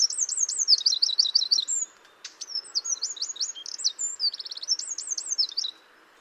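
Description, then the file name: Eurasian wren song: loud, high, rippling warbles and a buzzy trill, a tiny pause, then more fast twittering phrases for almost six seconds. "Troglodytes troglodytes"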